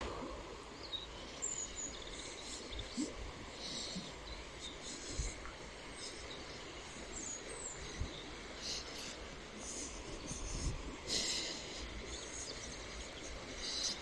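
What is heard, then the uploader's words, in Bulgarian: A river rushes steadily past, its deep, dense roar filling the low end with constant churning. Brighter splashes and hissing spray flare up every second or two, strongest around the middle and near the end, while faint bird chirps sound high above. Река "Искър" около Герман.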